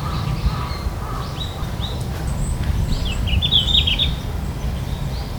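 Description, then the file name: Red-flanked bluetail song, a short quick warbled phrase near the end, among soft whistles and lower calls of other birds over steady low rumbling noise. "ruribitaki"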